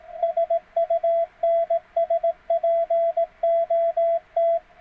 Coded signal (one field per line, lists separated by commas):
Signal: Morse code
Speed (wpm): 18 wpm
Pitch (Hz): 660 Hz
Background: none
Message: SUNSPOT